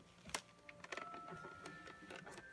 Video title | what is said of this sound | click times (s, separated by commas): little tikes Shop ‘n Learn | just gonna place it in here and snap into place like so i | 0.4 s